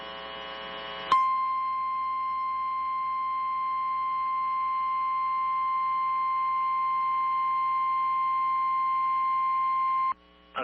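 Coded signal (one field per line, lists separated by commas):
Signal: Emergency Alert System (SAME) tones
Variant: 1050 Hz attention tone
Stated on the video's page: Real EAS alerts from a severe weather day, including relays from Missoula, Butte and Great Falls.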